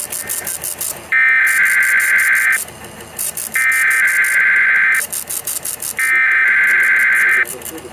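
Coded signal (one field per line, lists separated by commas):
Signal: Emergency Alert System (SAME) tones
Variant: header bursts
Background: speech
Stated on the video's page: National EAS test, October 2023.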